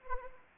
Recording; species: mosquito wingbeat signal from an infrared sensor; Anopheles arabiensis